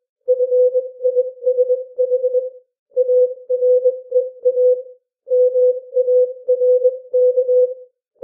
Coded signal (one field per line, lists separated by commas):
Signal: Morse code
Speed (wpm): 21 wpm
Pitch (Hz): 500 Hz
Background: none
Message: FISH AREA MARK